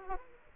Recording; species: mosquito wingbeat signal from an infrared sensor; Aedes aegypti